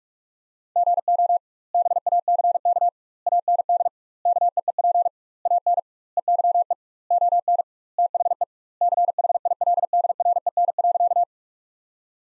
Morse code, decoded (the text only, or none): GO BACK AND KEEP AN EYE ON THE CHILDREN.